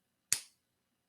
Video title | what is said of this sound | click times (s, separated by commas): Portland Pen Bazaar | sorry my voice is lost now but there we go and you click that | 0.3 s